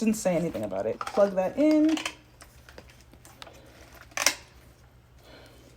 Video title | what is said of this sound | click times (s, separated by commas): First Impression Review: Pattern Hair Steamer Type 4 Natural Hair | I don't like how it doesn't really like click | none